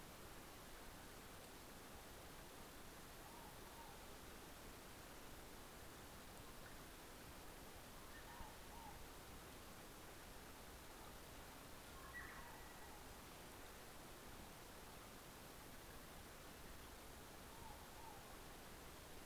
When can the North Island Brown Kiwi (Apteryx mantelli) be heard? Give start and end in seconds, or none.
none